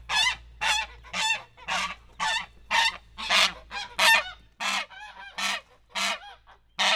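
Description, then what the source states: Domestic goose honking: a fast series of harsh, nasal honks, somewhat uneven in rhythm, over a low background hum that stops partway through. Domestic geese in a farmyard.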